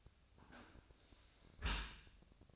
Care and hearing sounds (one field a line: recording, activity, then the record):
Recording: daily activity, microphone in the room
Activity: close dishwasher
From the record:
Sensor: 2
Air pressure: 1002.9 hPa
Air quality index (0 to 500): 199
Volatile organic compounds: 6 ppm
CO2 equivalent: 1885 ppm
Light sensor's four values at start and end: 15/35/15/16 and 15/35/15/16